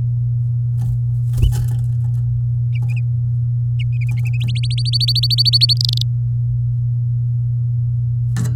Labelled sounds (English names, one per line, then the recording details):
Domestic Canary song
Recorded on 9 May 2018 at 11:55
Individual llb16